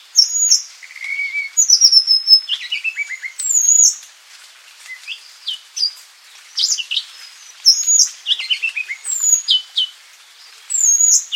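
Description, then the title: Madagascar Magpie-robin song of bright, high whistles and descending slurred notes, varied phrases coming in quick bursts separated by short silences. "suara burung kacer madagaskar"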